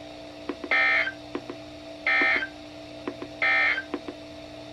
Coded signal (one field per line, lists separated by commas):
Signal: Emergency Alert System (SAME) tones